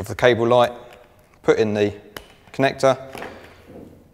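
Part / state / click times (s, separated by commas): dive light cable connector into battery pack socket / seated / 3.2 s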